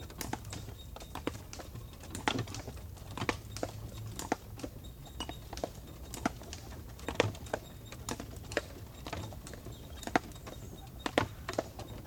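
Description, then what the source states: Horse hooves plodding slowly, sharp clops among rattles and knocks from a cart over a low hum. Horse pulling a cart, moving very slowly downhill; brake taken off, then cart stops; recorded on the cart.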